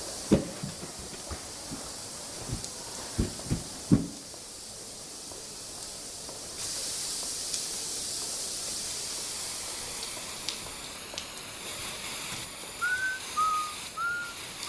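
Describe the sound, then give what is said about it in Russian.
A few soft thumps, then a man holding a water spray can aimed at his face lets out a steady, bright hiss that runs unbroken until the can runs out, with a few short whistling tones near the finish. “До сих пор стоит неподвижно, направив спрей в лицо.”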